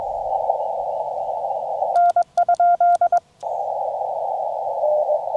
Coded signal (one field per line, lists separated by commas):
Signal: Morse code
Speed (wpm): 21 wpm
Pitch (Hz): 1400 Hz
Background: none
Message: N?